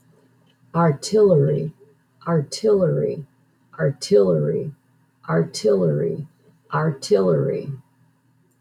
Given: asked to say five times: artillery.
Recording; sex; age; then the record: repeated word; female; 60 to 69 years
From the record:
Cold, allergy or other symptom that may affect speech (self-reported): no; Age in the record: 62 years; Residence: Michigan, United States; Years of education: 13